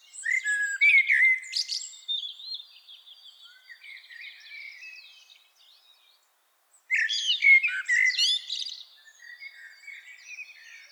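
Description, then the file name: Common blackbird song: two loud phrases of fluted notes, each trailing off into quieter high twittering. "Turdus merula"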